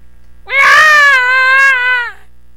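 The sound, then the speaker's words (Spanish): A boy sitting in front of a table with food, refusing to eat, lets out one long, loud, high-pitched crying scream, a steady piercing wail lasting about a second and a half that rises slightly at the start and then cuts off. “El niño llora y grita más fuerte.”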